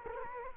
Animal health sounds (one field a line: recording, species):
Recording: mosquito wingbeat signal from an infrared sensor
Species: Culex quinquefasciatus